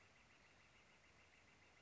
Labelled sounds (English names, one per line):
Northern Flicker